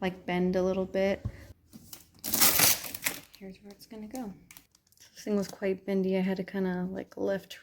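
Someone talks while a bendy clear plastic gauge cover is wiggled left to right and pushed into the dashboard of a Peg Perego Polaris RZR 900 toy vehicle, over a decal. Plastic crinkling and rustling builds from about 1.7 s and ends in a sharp pop at 3.1 s as the transparent cover seats in place.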